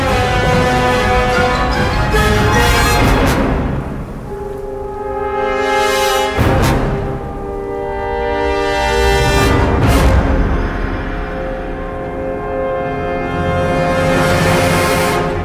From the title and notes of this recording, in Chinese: 10首超好聽史詩音樂配合風雪的聲音。